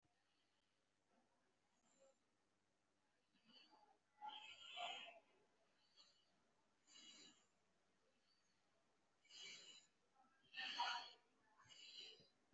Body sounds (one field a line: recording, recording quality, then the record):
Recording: shallow breathing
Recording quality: excellent, no background noise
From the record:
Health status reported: recovered from COVID-19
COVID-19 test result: positive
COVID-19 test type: RT-PCR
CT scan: taken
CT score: 0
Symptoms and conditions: breathing difficulty, fatigue, muscle pain, pneumonia, another respiratory illness, hypertension, another condition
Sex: male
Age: 54 years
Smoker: yes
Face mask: not worn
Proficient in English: yes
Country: India